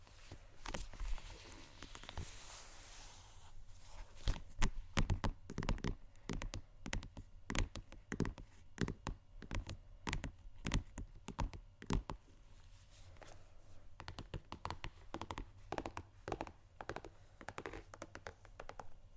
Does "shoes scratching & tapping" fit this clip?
yes